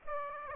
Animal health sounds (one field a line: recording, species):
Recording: mosquito wingbeat signal from an infrared sensor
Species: Aedes aegypti